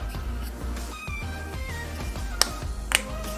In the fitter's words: Ça vient se clipser naturellement.